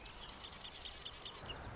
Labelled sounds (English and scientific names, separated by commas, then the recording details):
Marsh Wren (Cistothorus palustris)
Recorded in Sonoma County, California